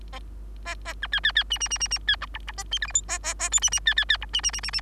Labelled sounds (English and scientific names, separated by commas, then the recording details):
Bengalese Finch (Lonchura striata domestica) song
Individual Bird3